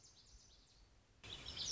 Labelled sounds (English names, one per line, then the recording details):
Lazuli Bunting
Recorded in Sonoma County, California